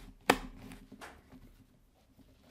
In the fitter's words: haben wir das hier so ein bisschen eingerastet. Schön.